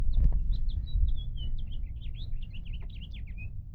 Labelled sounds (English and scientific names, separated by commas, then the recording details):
House Finch (Haemorhous mexicanus) song
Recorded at Lawrence on Long Island, New York, on 4 June 1975
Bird D